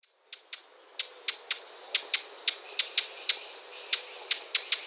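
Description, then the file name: Eurasian blackcap calling with sharp, stony tack notes, many clicks in a steady series, with quiet background. "Sylvia atricapilla"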